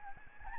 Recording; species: mosquito wingbeat signal from an infrared sensor; Aedes albopictus